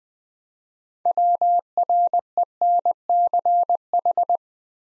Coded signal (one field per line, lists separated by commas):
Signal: Morse code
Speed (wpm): 20 wpm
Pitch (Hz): 700 Hz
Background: none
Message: WRENCH